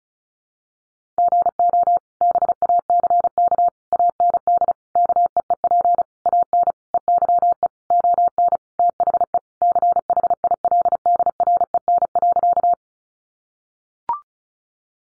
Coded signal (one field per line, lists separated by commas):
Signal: Morse code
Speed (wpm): 34 wpm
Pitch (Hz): 700 Hz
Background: none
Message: GO BACK AND KEEP AN EYE ON THE CHILDREN.